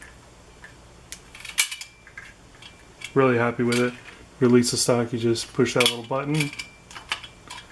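A metal side-folding buttstock on a Zastava M92 SBR rifle is handled after its little release button is pushed, with a few light metallic clicks and taps as it is swung toward the rifle's rear trunnion latch while someone talks. Nothing has seated or clicked into place yet.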